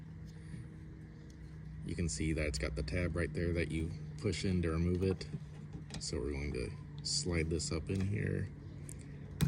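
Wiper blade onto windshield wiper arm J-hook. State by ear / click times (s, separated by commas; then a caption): seated / 9.4 s. A new front wiper blade on a Ford Expedition is slid up onto the J-hook of the metal wiper arm while someone talks, with faint ticks near 8.9 and 9.0 seconds. The blade's plastic tab then clicks into place with a sharp snap at 9.4 seconds, and the blade is seated on the arm.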